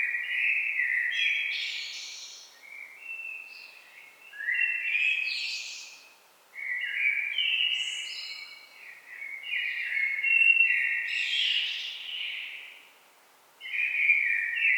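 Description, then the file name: Common blackbird song: fluty warbled phrases, each ending in a high squeaky twitter, given in bursts separated by short pauses. "Turdus merula"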